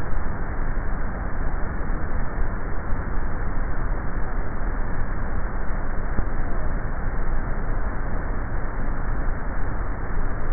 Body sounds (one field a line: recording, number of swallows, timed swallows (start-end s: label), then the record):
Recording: swallowing sounds by neck microphone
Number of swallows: 3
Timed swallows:
2.72-3.45 s: swallow
5.15-5.85 s: swallow
9.25-9.92 s: swallow
From the record:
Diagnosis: dysphagia